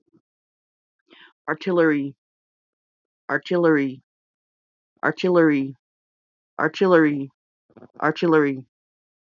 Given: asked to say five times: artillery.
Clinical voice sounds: repeated word; female; 40 to 49 years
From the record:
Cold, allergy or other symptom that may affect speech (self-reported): no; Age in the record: 44 years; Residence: Washington, United States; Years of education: 12

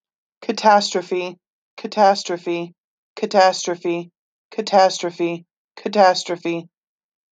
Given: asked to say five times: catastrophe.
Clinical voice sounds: repeated word; female; 30 to 39 years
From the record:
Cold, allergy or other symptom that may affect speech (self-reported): no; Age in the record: 38 years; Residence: Nebraska, United States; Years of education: 14

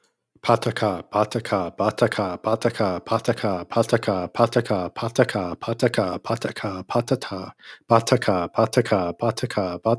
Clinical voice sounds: repeated syllables /pa ta ka/; male; 20 to 29 years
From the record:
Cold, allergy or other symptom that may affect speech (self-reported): no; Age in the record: 20 years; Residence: Arizona, United States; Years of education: 15

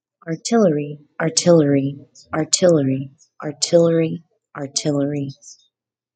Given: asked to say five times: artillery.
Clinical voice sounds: repeated word; female; 20 to 29 years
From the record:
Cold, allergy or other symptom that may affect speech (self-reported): no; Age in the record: 29 years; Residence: Indiana, United States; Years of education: 14

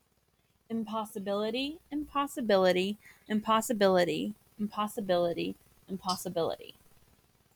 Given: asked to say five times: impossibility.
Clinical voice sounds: repeated word; female; 20 to 29 years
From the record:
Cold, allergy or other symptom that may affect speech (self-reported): no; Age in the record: 24 years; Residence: Arkansas, United States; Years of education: 13

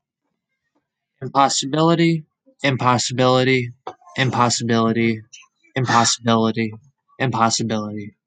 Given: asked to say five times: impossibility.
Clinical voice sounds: repeated word; male; 20 to 29 years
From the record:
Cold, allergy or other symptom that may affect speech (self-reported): no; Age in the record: 28 years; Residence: New York, United States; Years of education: 12

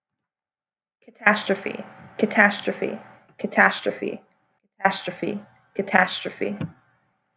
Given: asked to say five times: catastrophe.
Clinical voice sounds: repeated word; female; 30 to 39 years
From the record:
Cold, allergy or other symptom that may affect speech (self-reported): no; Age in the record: 31 years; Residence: Alabama, United States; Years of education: 12

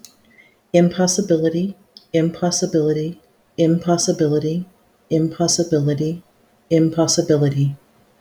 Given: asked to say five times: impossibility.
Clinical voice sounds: repeated word; female; 50 to 59 years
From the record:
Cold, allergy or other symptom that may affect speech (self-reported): no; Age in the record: 51 years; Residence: Oklahoma, United States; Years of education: 15

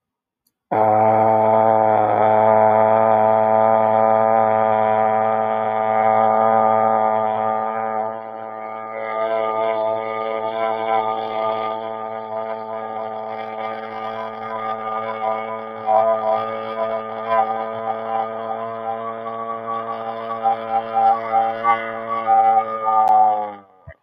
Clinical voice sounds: vowel held as long as possible; male; 40 to 49 years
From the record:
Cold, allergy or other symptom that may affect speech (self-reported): no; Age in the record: 41 years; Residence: Illinois, United States

